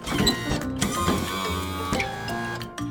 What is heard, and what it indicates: It's a wheelchair that's moved by a motor. There's often a joystick or a controller on the arm of the chair, and the person sitting in the chair uses it to steer where they're going.